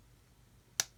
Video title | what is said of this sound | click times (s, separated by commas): Tamiya 1/32 GR Yaris Mini 4WD build | gently squeeze them in there we go you heard it pop in i think it's tight because i had it out of square | 0.8 s